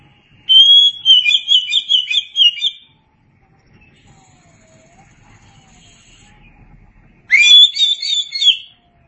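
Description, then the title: Oriental magpie-robin singing a long trilled, warbling phrase around a steady pitch, then a quiet gap and a rising whistled burst with rapid notes. Chirping song. "Suara Kicauan Burung Kacer"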